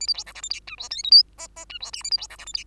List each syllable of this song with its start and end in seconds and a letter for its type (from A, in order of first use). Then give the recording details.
0.00-0.07 A, 0.07-0.14 B, 0.14-0.24 C, 0.26-0.33 D, 0.34-0.41 E, 0.42-0.49 F, 0.50-0.60 G, 0.67-0.76 H, 0.78-0.89 I, 0.90-1.03 J, 1.03-1.11 K, 1.11-1.23 L, 1.38-1.47 M, 1.56-1.65 M, 1.69-1.79 H, 1.80-1.91 I, 1.93-2.03 N, 2.04-2.10 A, 2.11-2.17 B, 2.17-2.27 C, 2.29-2.37 D, 2.38-2.46 E, 2.46-2.53 F, 2.54-2.64 G. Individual Bird2